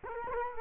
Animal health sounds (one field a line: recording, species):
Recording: mosquito wingbeat signal from an infrared sensor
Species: Culex quinquefasciatus